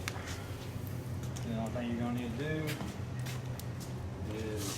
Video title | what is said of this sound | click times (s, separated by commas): How to: Light Your C7 Bulbs | get it to slide over and twist it until you hear a little click | 0.1 s